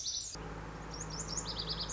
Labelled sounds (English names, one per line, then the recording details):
Lazuli Bunting
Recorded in Sonoma County, California